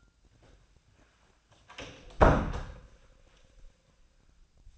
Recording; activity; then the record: daily activity, microphone in the room; close door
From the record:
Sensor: 2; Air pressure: 1009.1 hPa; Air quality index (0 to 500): 182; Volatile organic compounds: 3 ppm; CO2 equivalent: 1318 ppm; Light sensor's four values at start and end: 31/82/35/37 and 31/81/34/36